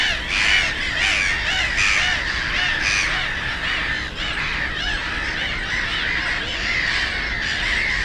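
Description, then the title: Black-headed gulls calling in a dense, harsh chorus of overlapping screeching notes, continuous throughout, over a steady low rumble of traffic. Many black-headed gulls, loudest of plentiful birds on ponds of a former coal-mining area, Frog Ponds nature complex, Bytom, Poland; road DK79 and railway noise. "Żabie Doły, Bytom, Polska - Black-headed gulls at Frog Ponds complex"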